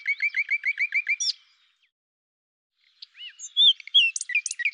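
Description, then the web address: Common nightingale song starting with about eight quick repeated chirps, then a pause before a varied phrase of whistles and sharp notes. "cianscape birddata Deverinetal 2025 Bird Lu Me"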